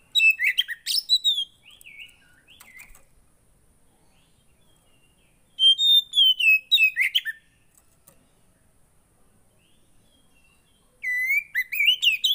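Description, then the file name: Oriental magpie-robin song in three separate bursts of clear whistles and trilled notes, with quiet gaps of several seconds between phrases. Oriental magpie-robin (kacer) song played to provoke a caged bird into an emotional response. "Burung kacer anda langsung emosi dengar ini"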